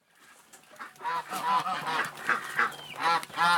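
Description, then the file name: Domestic goose: domestic geese giving harsh nasal honks, building from soft to loud in overlapping bursts. Geese calling in a barn. "Sound Ideas - Barn Sounds with Geese and Chickens Calling"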